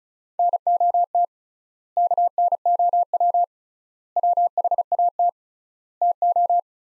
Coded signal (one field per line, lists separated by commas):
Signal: Morse code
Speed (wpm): 36 wpm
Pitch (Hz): 700 Hz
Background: none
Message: NOT KNOW WHAT TO